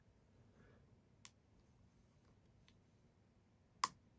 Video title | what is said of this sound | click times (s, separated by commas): How To REPLACE Arrow Keys on MacBook Pro 16" (2019 Model) (EASY) | there you go two clicks and so if you've done this correctly now this part can flap loosely | 1.2 s, 3.8 s